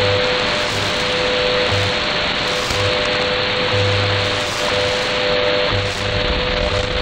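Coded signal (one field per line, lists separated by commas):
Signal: radio time signal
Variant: WWVH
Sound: faint steady mid tone with brief dropouts and low hum pulses under loud hiss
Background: radio static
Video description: A weak WWVH on 15 Mhz. This is easily identified by the female announcer. No audio from WWV.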